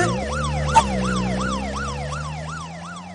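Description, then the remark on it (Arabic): A police car siren wails in a fast, repeating rising-and-falling pattern, loud and steady, over a low rumbling engine drone, with a brief sharp click near the start. “الله الله الله، ده في سيارة شرطة، اهرب.”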